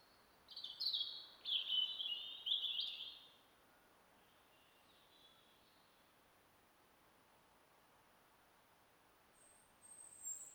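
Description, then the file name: European robin song: three linked high warbling phrases in the opening seconds, then a long silence and a brief faint phrase at the close. "Erithacus rubecula"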